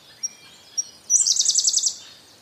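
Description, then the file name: Siberian blue robin: two quiet ticks followed by a loud, even, high trill of about eight fast notes. "koruri"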